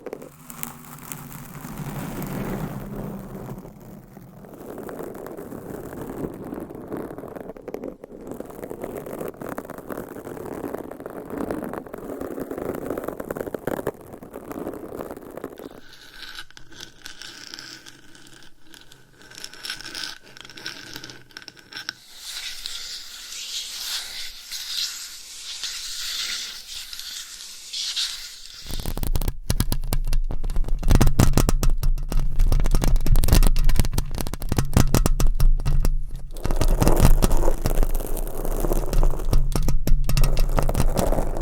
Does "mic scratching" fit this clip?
yes